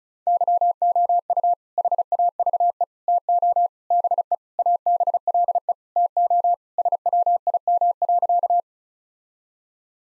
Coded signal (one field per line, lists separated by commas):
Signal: Morse code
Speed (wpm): 34 wpm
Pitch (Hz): 700 Hz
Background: none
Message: YOU HAVE TO BE ABLE TO SWIM.